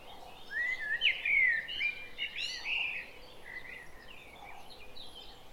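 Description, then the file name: Common blackbird singing a short fluty, warbled phrase that rises and falls, followed by softer twittering. "Turdus merula"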